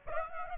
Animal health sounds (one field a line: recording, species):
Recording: mosquito wingbeat signal from an infrared sensor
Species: Aedes aegypti